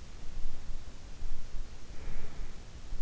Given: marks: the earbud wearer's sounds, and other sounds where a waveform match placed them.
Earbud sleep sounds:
sounds in sleep by an in-ear microphone; breath
1.73-3.00 s: breath

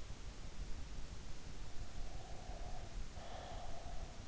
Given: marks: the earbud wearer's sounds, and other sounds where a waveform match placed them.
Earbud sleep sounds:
sounds in sleep by an in-ear microphone; breath
1.65-4.28 s: breath

